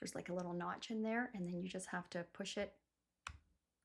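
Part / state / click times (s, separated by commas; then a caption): sliding paper guide into its size notch on a hole punch / seated / 3.3 s. Someone talks while sliding the adjustable paper guide on a planner hole punch to the notch for the insert size and pushing it until it detents. After the talking stops, one sharp click sounds at 3.3 s as the guide seats into its notch.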